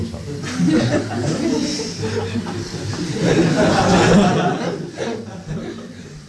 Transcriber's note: laughter